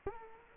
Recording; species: mosquito wingbeat signal from an infrared sensor; Culex quinquefasciatus